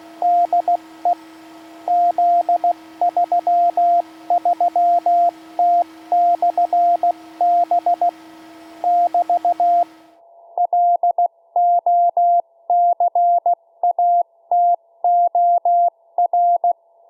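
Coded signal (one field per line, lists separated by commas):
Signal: Morse code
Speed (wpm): 16 wpm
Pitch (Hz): 700 Hz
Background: radio noise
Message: DE Z33T/B <BT> LOCATOR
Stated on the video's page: Homemade automatic 144 MHz beacon, four transistors and a microcontroller, 0.1 W, vertical J-antenna, continuously sending Morse.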